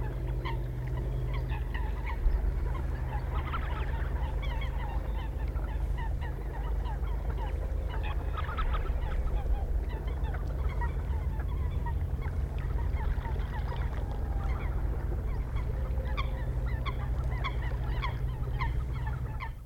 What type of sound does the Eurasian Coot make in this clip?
call